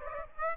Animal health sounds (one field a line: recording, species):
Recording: mosquito wingbeat signal from an infrared sensor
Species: Aedes aegypti